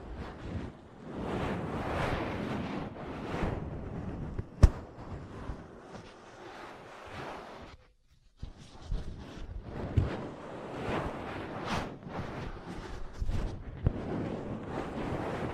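Ear massage and cupping: dense, muffled rubbing and rushing swells that rise and fall every second or two. A sharp tap cracks out near the five-second mark, a brief silence falls around eight seconds, then the rubbing resumes with a few lighter taps.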